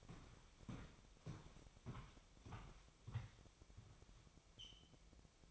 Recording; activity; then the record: daily activity, microphone in the room; walk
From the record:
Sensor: 1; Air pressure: 1001.7 hPa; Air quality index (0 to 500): 222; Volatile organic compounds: 30 ppm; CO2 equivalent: 2962 ppm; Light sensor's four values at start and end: 10/34/12/14 and 10/33/12/14